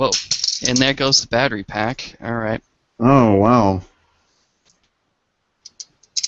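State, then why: Partly seated. A plastic battery pack is refitted onto a toy tricorder. Someone talks for the first few seconds, then after a pause sharp plastic clicks are heard at 5.7 and 5.8 seconds, followed by a few more small clicks. The pack does not lock in firmly and is not fully seated.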